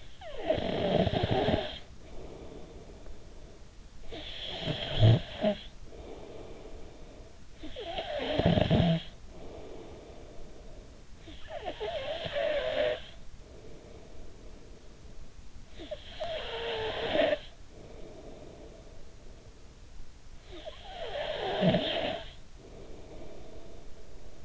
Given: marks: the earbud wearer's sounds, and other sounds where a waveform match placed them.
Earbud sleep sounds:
sounds in sleep by an in-ear microphone; snoring breath
0.00-3.63 s: snoring breath
3.77-19.93 s: snoring breath
20.18-24.45 s: snoring breath

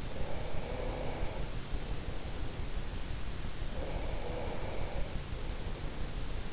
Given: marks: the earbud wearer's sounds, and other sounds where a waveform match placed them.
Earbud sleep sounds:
sounds in sleep by an in-ear microphone; breath
0.02-2.83 s: breath
3.67-6.48 s: breath

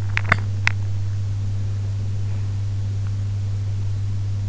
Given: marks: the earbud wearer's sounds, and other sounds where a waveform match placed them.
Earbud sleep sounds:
sounds in sleep by an in-ear microphone; teeth grinding
0.14-0.77 s: teeth grinding

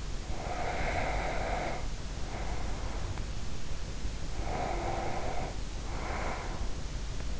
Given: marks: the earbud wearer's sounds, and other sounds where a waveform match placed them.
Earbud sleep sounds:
sounds in sleep by an in-ear microphone; breath
0.00-3.54 s: breath
4.33-7.15 s: breath

